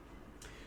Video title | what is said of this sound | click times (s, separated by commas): Reinforcement Learning from scratch part 1: Building the computer | are aligned with that really nicely and hear a little click is that goes into place now | 0.4 s